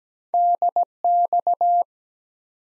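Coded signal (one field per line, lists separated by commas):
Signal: Morse code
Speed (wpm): 17 wpm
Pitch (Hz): 700 Hz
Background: none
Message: DX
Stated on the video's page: Morse practice of ARRL section abbreviations used in Field Day contest exchanges at 17 wpm, sent twice.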